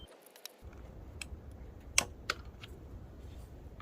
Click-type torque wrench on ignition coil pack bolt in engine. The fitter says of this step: when you hear the click you're done